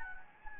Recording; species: mosquito wingbeat signal from an infrared sensor; Anopheles gambiae